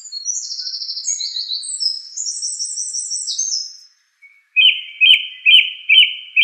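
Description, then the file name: Song thrush song opening with high, buzzy trilled twitters, then a pause and a short ringing phrase repeated five times at an even pace. "suara kicauan burung song thrush. omkicau"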